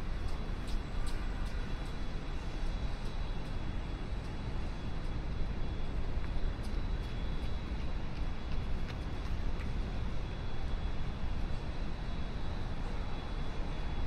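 A steady, dense city rumble along the river walk at sunrise, low traffic drone throughout with faint high clicks scattered across the recording.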